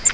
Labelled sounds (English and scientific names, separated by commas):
Grace's Warbler (Setophaga graciae) flight call